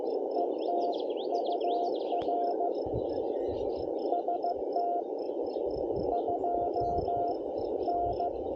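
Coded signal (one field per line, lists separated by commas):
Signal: Morse code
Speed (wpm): 15 wpm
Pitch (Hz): 700 Hz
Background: radio noise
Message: ET UR ST 2 N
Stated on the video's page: CW Parks on the Air activation using an Elecraft KH1.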